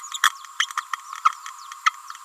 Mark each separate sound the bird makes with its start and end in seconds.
0.59-0.67